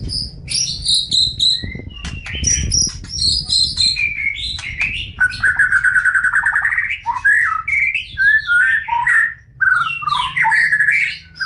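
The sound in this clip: Oriental magpie-robin song: busy, high-pitched twittering and chattering phrases mixed with warbled whistles, with some low rumbling noise early on.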